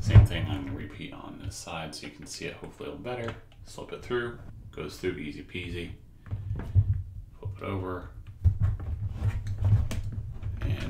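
Someone talks while a combination padlock is slipped through the lock hole of a plastic Glock pistol case and flipped over, ready for its shackle to be pushed home. Only handling noise from the plastic case and metal lock is heard, with light knocks from about 6 to 11 seconds. The shackle has not yet clicked into the lock body.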